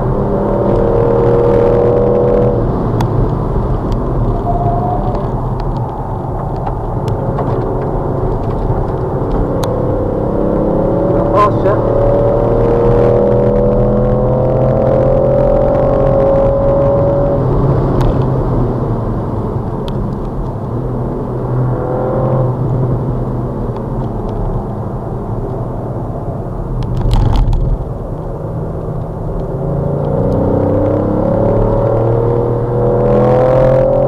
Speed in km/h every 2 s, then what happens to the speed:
164, 158, 134, 124, 114, 108, 124, 145, 151, 142, 114, 105, 85, 64, 69, 93, 97.
0-9 brakes to 108. 9-14 speeds up to 145. 17-26 brakes to 64. 26-34 speeds up to 97.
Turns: 6-10, 22-28.